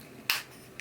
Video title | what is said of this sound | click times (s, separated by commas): Insta360 ACE/ACE PRO 46mm Lens Adapter! | Snaps right in, and there it is. | 0.3 s